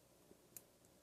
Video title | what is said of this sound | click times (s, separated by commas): JST connector disassembly assembly#jstconnector #diy #arduinoproject | so we can get it in and hear it click and lock | 0.6 s